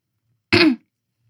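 Adult woman. A single brief throat clearing, from a throat that is still in bad shape.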